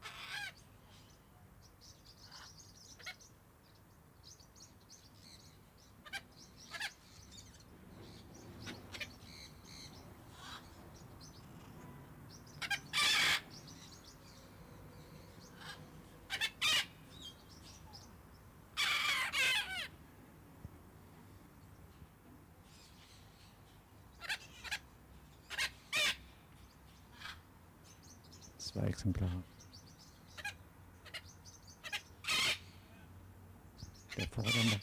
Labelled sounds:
Red-fronted Macaw (Ara rubrogenys) call
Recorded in captivity
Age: adult
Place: Tiergarten Wilhelma/Stuttgart, Baden-Württemberg, DE
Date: 2005-03-14 15:30
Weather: heiter, 5-8°C
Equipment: Sony WM-D6C, Sony ECM-MS 907, Kopie Uher 4000 Report Monitor
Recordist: Tembrock, Günter
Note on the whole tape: Zwei Exemplare: diverse Laute

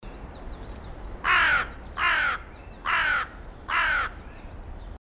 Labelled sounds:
Carrion Crow (Corvus corone) call, Coal Tit (Periparus ater)
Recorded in the wild
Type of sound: call
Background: Periparus ater
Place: Garmisch-Partenkirchen, Bayern, DE
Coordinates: 47.4931, 11.0633
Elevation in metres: 784
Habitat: mountains
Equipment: Uher 4000 Report, Sennheiser MKH 415 T
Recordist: Tretzel, Erwin
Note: März 1980, Almhütte, Garmisch-Partenkirchen: Rufe

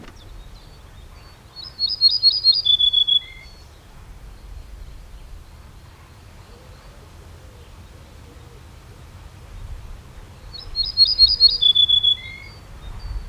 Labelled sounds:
Ortolan Bunting (Emberiza hortulana) song
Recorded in the wild
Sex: male
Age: adult
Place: Schloß Holte-Stukenbrock, Senne, Nordrhein-Westfalen, DE
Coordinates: 51.8692, 8.66167
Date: 1972-05-20
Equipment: Uher 4200 Report Stereo, Bändchenmikro Beyer M 260, Parabolspiegel Polyester (600 mm)
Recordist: Conrads, Klaus

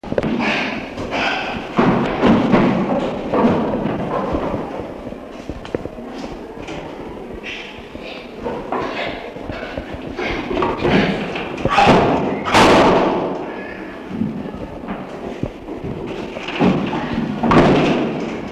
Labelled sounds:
Chimpanzee (Pan troglodytes)
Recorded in captivity
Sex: male
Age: adult
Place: Tierpark Berlin, Berlin, DE
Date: 1966-10-05
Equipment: Tesla Uran
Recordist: unbekannt, keine Angabe

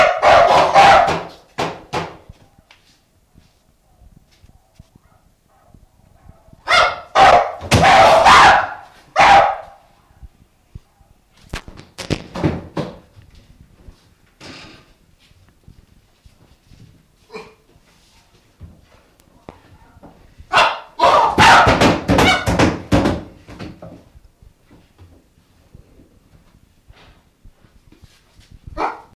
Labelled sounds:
Chimpanzee (Pan troglodytes)
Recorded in captivity
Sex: diverse
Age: adult
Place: Zoo Leipzig, Sachsen, DE
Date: 1966-12-03 16:30
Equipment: Uher 4200 Report Monitor, Sennheiser MD 421, Transistorverstärker 2
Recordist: Tembrock, Günter

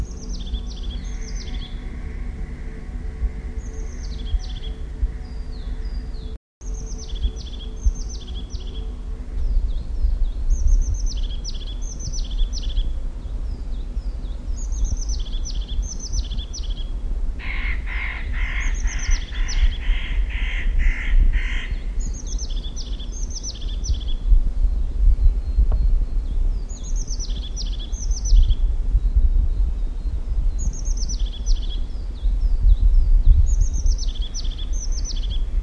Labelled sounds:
European Crested Tit (Lophophanes cristatus)
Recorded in the wild
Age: adult
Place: Kärnten, AT
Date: 1967-03-12
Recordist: Brunner, Thomas

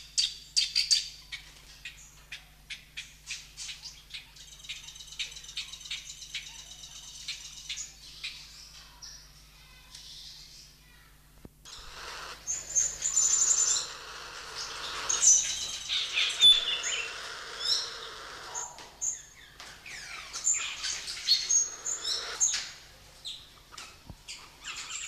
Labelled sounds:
Spotted Thick-knee (Burhinus capensis) defence call
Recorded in captivity
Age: adult
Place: Zoo Berlin, Berlin, DE
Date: 1991-06-03
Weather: cloudy, 12-15°C
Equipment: Marantz, Sennheiser ME 80, Kopie Tesla B 116
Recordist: Tembrock, Günter

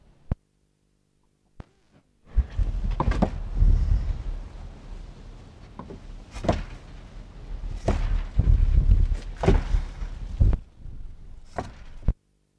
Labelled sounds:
Wapiti (Cervus canadensis) rut call
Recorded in captivity
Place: Zoo Halle, Sachsen-Anhalt, DE
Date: 1960-10-14 10:00
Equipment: Reporter (Vollspur)
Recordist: Tembrock, Günter

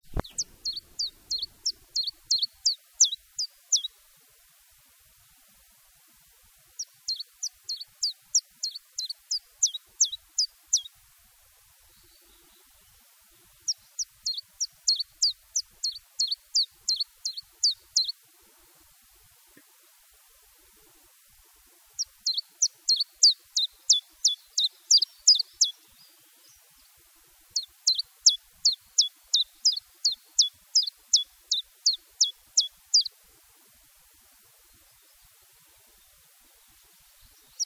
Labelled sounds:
Common Chiffchaff (Phylloscopus collybita) song
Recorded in the wild
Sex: male
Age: adult
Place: Erlangen, Bayern, DE
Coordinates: 49.6031, 10.9519
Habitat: pond
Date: 1967-04-01
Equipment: Original, Vollspur
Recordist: Tretzel, Erwin
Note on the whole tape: Dummetsweiher (Pflanzung): Zilpzalp: Gesang (April 1967)

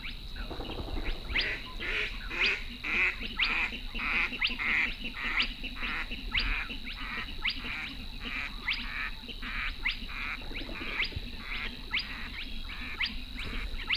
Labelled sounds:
Spotted Crake (Porzana porzana)
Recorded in the wild
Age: adult
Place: Kützerhof, Kummerower See, Mecklenburg-Vorpommern, DE
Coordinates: 53.8358, 12.8492
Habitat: wetland
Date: 2009-05-05
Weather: heiter, fast windstill, 6°C
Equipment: Sound Devices 702, Sennheiser MKH 70, Rycote Windschutz
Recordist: Frommolt, Karl-Heinz

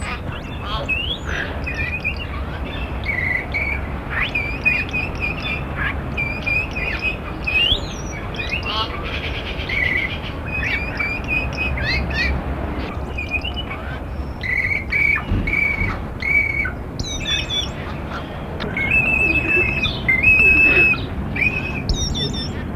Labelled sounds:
Wattled Starling (Creatophora cinerea) call
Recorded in captivity
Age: adult
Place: Zoo Hannover, Niedersachsen, DE
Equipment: Halbspur, 9,5 cm/s
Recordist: Lütgens, Hans

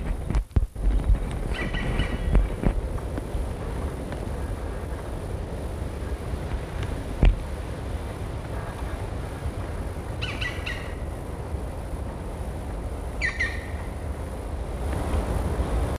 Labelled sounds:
Black Woodpecker (Dryocopus martius) call
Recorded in the wild
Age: adult
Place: Mühlenbecker Wald, Brandenburg, DE
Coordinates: 52.6917, 13.3833
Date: 1961-07-26 19:10
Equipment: Minifon, Kopie Smaragd
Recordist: Tembrock, Günter

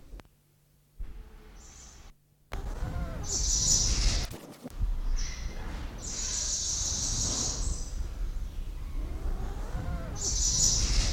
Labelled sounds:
Congo Peafowl (Afropavo congensis) call
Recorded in captivity
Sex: pair
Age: adult
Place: Zoo Berlin, Berlin, DE
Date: 1993-03-06 11:32
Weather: 3-6°C, heiter bis wolkig
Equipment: Marantz CP 430, Sennheiser ME 80, Kopie Uher Variocord 263
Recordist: Tembrock, Günter

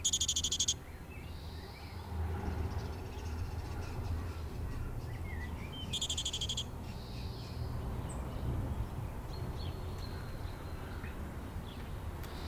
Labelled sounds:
Great Tit (Parus major) call
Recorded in the wild
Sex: pair
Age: adult
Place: Garmisch-Partenkirchen, Bayern, DE
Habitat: urban area
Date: 1968-04-19
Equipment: Nagra, Vollspur
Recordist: Tretzel, Erwin
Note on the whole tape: Garmisch-Partenkirchen, Weinast (1. Teil) mit Lockstrophe Männchen und Weibchen: ab Anfang sehr schnell: "bil-bil" (ansteigend?); "dawi zi zi" (schnell und seltsam mit Vorlaut: "hi zi"; Drohtriller (?); "hähähä (eigenartig); "zibé zibé"; "dedede" (seltsam); "hül-hül"; "tetete-hi" (Weibchen: Drohen)

